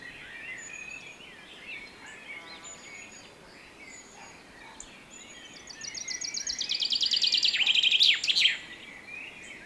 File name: Fringilla coelebs 240824